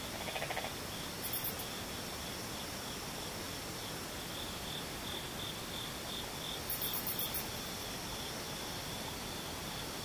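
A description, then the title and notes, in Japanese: An insect chorus drones on without a break, a steady high whine layered over a dense, hissing wash of sound. Brief bursts of rapid, very bright chirping cut in around one second and again near seven seconds, standing out above the unchanging hum. ムシ合唱。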